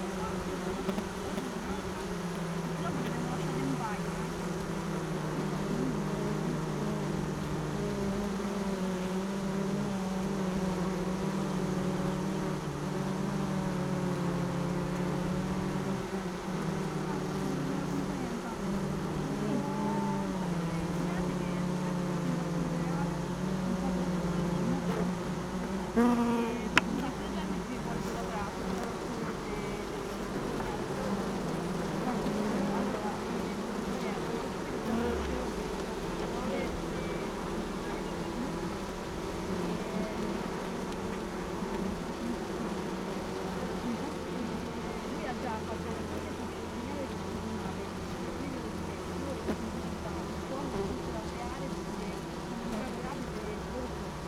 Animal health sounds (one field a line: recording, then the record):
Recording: honeybee colony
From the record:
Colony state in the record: missing queen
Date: 31 May 2018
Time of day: 16:18